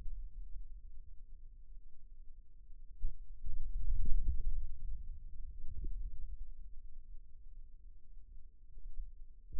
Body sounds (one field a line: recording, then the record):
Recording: forearm muscle sounds (acoustic myography)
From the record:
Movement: hand closing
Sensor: system 2, bracelet of six BSWA MPA416 microphones around the upper forearm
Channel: 2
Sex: male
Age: 22 years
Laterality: right